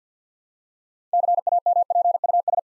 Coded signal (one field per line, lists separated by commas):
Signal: Morse code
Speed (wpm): 50 wpm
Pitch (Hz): 700 Hz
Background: none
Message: CAMPUS